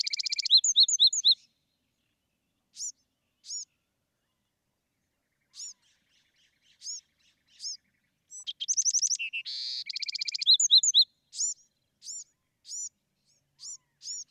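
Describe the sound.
Bewick's wren singing high, varied phrases: a rapid opening run, spaced single notes, a dense buzzy trill, then more evenly spaced high chips.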